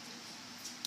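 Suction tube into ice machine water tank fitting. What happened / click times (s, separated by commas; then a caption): The tube fitting's plastic tabs snapped into place / 0.8 s. A suction tube is pushed back onto the water tank fitting of a commercial ice machine after the tank has drained, so that its plastic tabs lock and water and cleaner do not leak. Steady background noise runs throughout, with a brief lift in level around 0.7 s. A single short, sharp click at 0.9 s marks the tabs locking into place.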